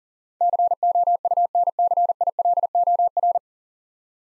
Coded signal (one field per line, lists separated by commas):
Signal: Morse code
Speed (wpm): 40 wpm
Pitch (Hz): 700 Hz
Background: none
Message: COUNCILOR